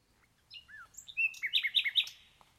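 Common Nightingale song phrase: a few clear whistled notes and a brief slur, then a fast run of loud repeated sharp notes alternating high and low.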